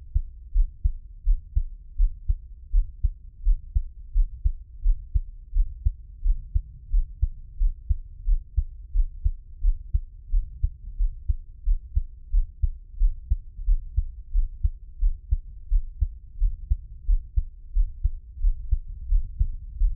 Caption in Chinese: 獻上我的心跳 | Give my Heartbeat | NO Talking。